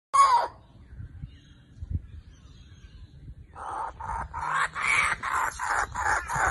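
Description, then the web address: Laughing kookaburra call: one sharp note, a quiet stretch, then a building run of chuckling, laughter-like notes. Chick; cry resembling human laughter. "pileto na smeesata se kukabara izdava vik podoben na coveskia smah"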